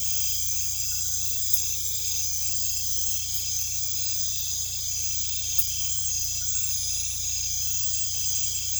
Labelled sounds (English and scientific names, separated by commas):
none